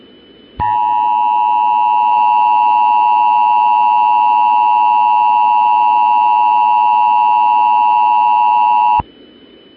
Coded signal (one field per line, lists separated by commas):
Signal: Emergency Alert System (SAME) tones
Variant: 853 and 960 Hz attention tone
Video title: [EAS SCENARIO / ANALOG HORROR] - THE WATCHER'S OUTBREAK